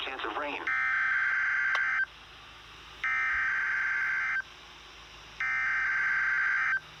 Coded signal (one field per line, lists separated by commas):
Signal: Emergency Alert System (SAME) tones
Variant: header bursts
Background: speech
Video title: EAS Capture #117 - NWR Required Weekly Test